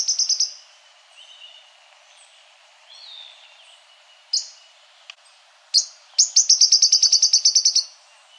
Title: LuckyPassaro Completos2Sama. Yellow-lored Tody-Flycatcher (Todirostrum poliocephalum)